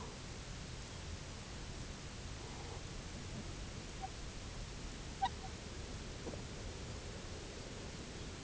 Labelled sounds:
Spectacled Eider
unidentified sound
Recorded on Arctic tundra, site UTQI-0, on 11 June 2019
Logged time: 06:00

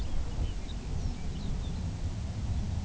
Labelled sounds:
Lapland Longspur
unidentified sound
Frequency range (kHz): Lapland Longspur 1.6-6.3 kHz
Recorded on Arctic tundra, site UTQI-2, on 14 June 2019
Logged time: 18:00

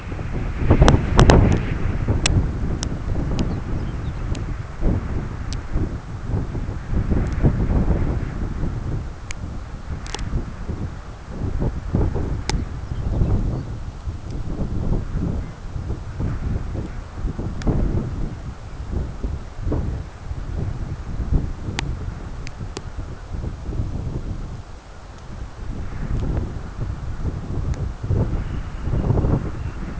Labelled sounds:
Lapland Longspur
unidentified sound
Dunlin
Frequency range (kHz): Lapland Longspur 2.5-5.8 kHz; Dunlin 2.3-3.4 kHz
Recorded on Arctic tundra, site CORI-1, on 11 June 2018
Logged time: 02:00

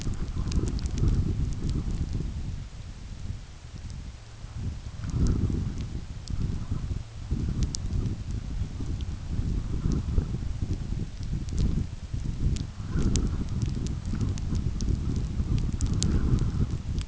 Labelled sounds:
none
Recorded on Arctic tundra, site UTQI-5, on 29 June 2018
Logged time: 16:00

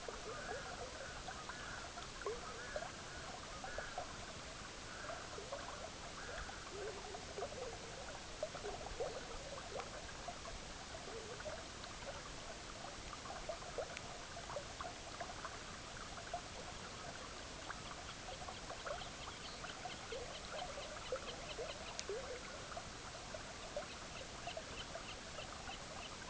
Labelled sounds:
Red-throated Loon
Semipalmated Plover
unidentified sound
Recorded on Arctic tundra, site EABA-MC, on 18 June 2019
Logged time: 10:00

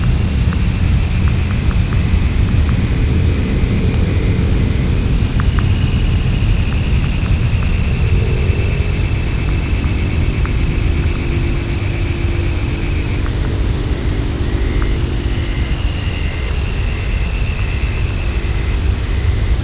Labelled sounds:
Dunlin
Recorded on Arctic tundra, site UTQI-0, on 11 June 2019
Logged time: 08:00

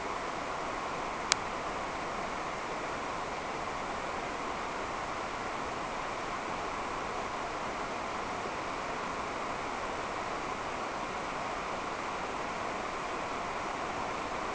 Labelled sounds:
none
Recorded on Arctic tundra, site NAIT-1, on 28 June 2018
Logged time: 07:00

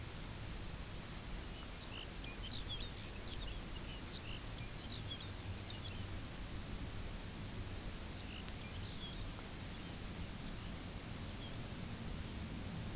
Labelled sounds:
Lapland Longspur
unidentified sound
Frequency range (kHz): Lapland Longspur 1.6-6.6 kHz
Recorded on Arctic tundra, site UTQI-0, on 17 June 2019
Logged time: 18:00

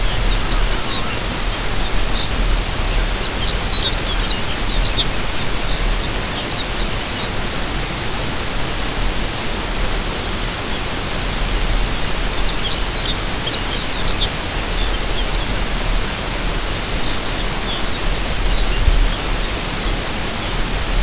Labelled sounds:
Lapland Longspur
unidentified sound
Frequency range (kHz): Lapland Longspur 2.2-5.9 kHz
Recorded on Arctic tundra, site UTQI-5, on 25 June 2018
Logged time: 10:00

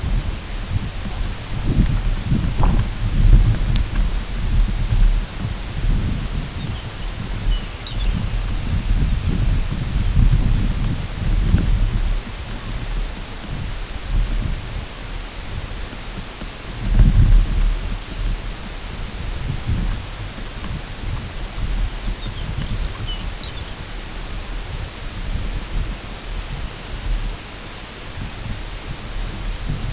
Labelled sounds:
Lapland Longspur
unidentified sound
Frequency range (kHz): Lapland Longspur 2.5-7.2 kHz
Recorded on Arctic tundra, site UTQI-8, on 14 June 2019
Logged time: 08:00

